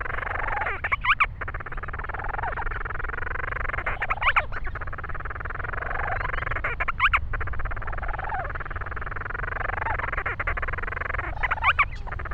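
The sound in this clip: Grant's storm petrel calling, brief rising squeals with rough bursts a few seconds apart, against constant low rumbling noise.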